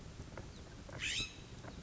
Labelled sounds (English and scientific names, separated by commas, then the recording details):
California Scrub-Jay (Aphelocoma californica)
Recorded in Sonoma County, California